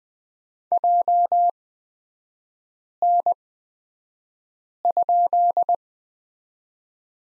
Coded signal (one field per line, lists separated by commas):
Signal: Morse code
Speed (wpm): 20 wpm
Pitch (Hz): 700 Hz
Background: none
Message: JN?